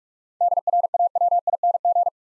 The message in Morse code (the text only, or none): DRAWING